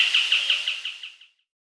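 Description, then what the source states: Southern white-crowned tapaculo song ending: a short run of harsh notes near the same pitch, fading over about one second into silence. South America.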